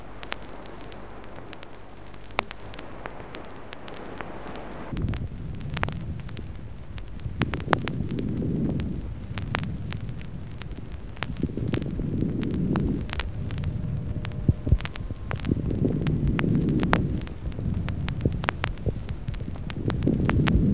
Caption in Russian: Нежный шум трения плевры, который, в отличие от крепитации, выслушивается на вдохе и выдохе.